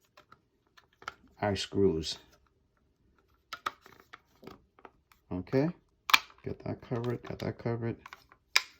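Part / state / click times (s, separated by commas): small plastic cover piece into the trigger housing of a cordless stick vacuum / seated / 8.6 s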